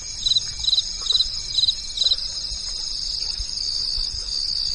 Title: From night to morning, the sound of nature and insects at night